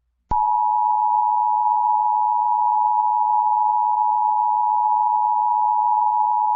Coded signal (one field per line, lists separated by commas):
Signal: Emergency Alert System (SAME) tones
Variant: 853 and 960 Hz attention tone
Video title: cloudy with a chance of meatballs [eas april 25 1999]